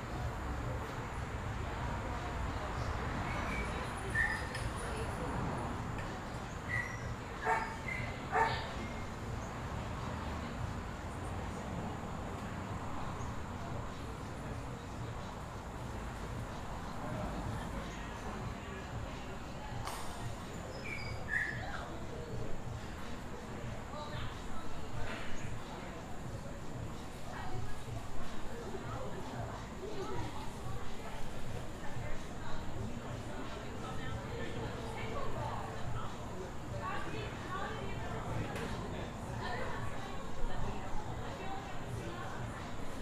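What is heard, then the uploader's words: Patio chatter at a brewery: several voices talking at once in a steady, dense murmur, with a low traffic rumble underneath throughout. Brief clinks and knocks pop up now and then, and a dog may bark once or twice. On the patio of Resident Culture Brewing Company on Central Ave.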